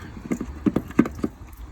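A water fill insert is lined up one-handed at the water filler of a Zefiro 675 motorhome, a slightly fiddly job before it is pushed home. Short, light knocks and taps are heard around 0.3, 0.7, 0.8, 1.0, 1.1 and 1.2 seconds. Nothing has seated or clicked yet.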